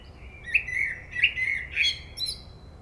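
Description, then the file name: Common blackbird song: three or four rich whistled notes, each topped by scratchy higher twitters, in a steady flowing phrase. "Turdus merula"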